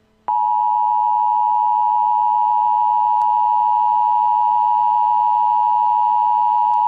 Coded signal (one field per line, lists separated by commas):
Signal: Emergency Alert System (SAME) tones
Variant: 853 and 960 Hz attention tone